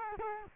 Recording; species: mosquito wingbeat signal from an infrared sensor; Culex quinquefasciatus